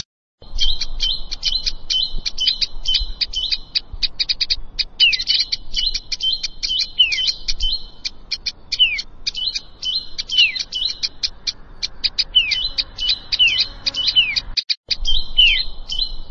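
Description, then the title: Plain prinia song of dense, rapid buzzy notes and crisp ticks, with frequent downward-sliding slurs, sustained throughout with one brief dropout. "Ciblek Sawah"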